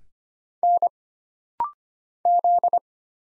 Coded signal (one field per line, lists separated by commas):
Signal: Morse code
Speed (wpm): 25 wpm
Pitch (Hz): 700 Hz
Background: none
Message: N Z